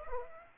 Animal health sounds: mosquito wingbeat signal from an infrared sensor; Aedes aegypti

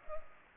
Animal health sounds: mosquito wingbeat signal from an infrared sensor; Culex pipiens

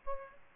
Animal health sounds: mosquito wingbeat signal from an infrared sensor; Aedes albopictus

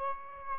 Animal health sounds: mosquito wingbeat signal from an infrared sensor; Aedes aegypti

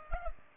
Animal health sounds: mosquito wingbeat signal from an infrared sensor; Culex pipiens

